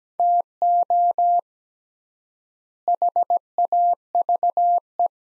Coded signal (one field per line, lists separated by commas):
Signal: Morse code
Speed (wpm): 17 wpm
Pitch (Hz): 700 Hz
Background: none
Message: TO HAVE